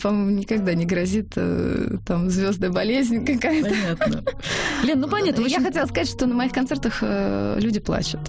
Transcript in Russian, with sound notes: Это мне никогда не грозит, там, звездная болезнь какая-то (смеется)
Понятно... Лен, ну понятно, в общем...
Я хотела сказать, что на моих концертах люди плачут.